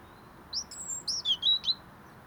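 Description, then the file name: European robin delivering a short phrase of thin, high whistled notes: one long drawn note followed by several quick lower notes. "Erithacus rubecula"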